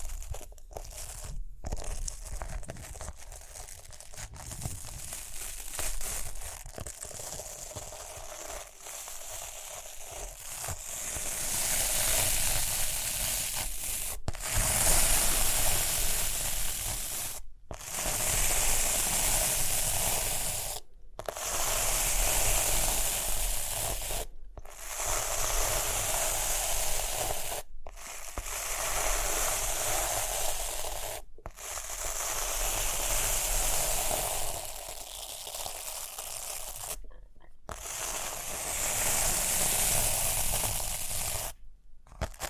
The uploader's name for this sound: Rhinestone Tapping, Scratching, Brushing